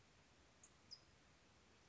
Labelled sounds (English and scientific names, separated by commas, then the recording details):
California Towhee (Melozone crissalis)
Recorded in Sonoma County, California